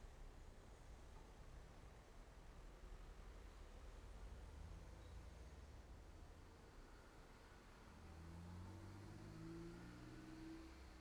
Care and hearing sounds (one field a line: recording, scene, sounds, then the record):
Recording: everyday scene through a hearing-aid microphone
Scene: in traffic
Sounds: traffic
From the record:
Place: main road on the outskirts, rush hour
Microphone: behind the ear, left, front